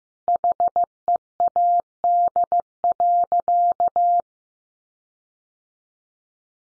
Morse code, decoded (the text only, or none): HEAD.